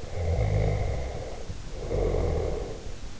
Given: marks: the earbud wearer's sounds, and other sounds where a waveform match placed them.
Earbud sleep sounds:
sounds in sleep by an in-ear microphone; snoring breath
0.00-3.11 s: snoring breath

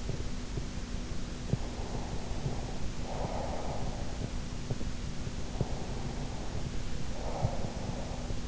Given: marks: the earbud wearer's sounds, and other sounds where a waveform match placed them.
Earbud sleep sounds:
sounds in sleep by an in-ear microphone; breath
1.82-4.80 s: breath
5.91-8.48 s: breath

